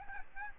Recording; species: mosquito wingbeat signal from an infrared sensor; Aedes albopictus